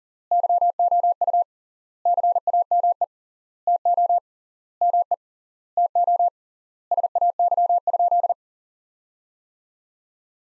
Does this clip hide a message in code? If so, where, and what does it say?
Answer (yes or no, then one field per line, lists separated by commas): yes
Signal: Morse code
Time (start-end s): 0.3-8.3 s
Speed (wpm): 40 wpm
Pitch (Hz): 700 Hz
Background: none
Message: YOU CAME TO ME TO SAY?